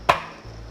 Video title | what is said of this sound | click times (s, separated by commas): Is The SICCE SHARK PRO Living Up to All the HYPE? | that just pops off. See that? | 0.1 s